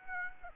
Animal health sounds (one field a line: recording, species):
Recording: mosquito wingbeat signal from an infrared sensor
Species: Aedes aegypti